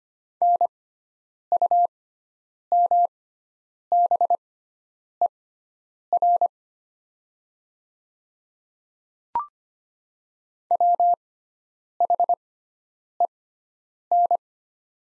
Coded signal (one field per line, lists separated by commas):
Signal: Morse code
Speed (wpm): 25 wpm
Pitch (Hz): 700 Hz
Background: none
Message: NUMBER WHEN